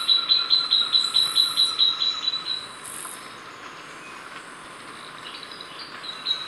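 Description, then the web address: Sepia-brown wren calling, a fast series of short high notes repeated for about two and a half seconds, then fading into steady background hiss with faint chirps, before the notes return briefly at the end. Recorded in Ecuador. "Birds of Ecuador. Sepia-brown Wren"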